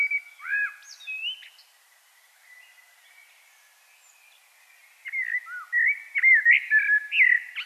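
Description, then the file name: Common blackbird song: two mellow, fluting warbled phrases separated by several seconds of quiet. "Turdus merula"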